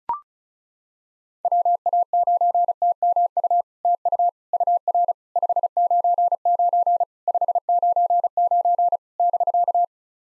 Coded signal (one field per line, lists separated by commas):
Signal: Morse code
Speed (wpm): 34 wpm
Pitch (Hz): 700 Hz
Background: none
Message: WA9TMU TU UR 599 599 <BK>